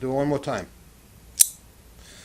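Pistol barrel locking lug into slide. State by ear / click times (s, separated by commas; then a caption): seated / 1.4 s. Someone talks at the start, then the barrel of a Kimber Solo 9mm micro-compact pistol is moved into its firing position and its locking lug engages the slide with a sharp click at 1.4 s. The barrel is seated and locked into battery, so it won't move.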